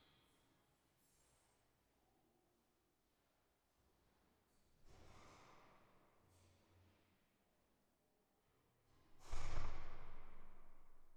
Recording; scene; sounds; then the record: everyday scene through a hearing-aid microphone; reverberant space; background noise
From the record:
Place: staircase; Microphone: behind the ear, right, rear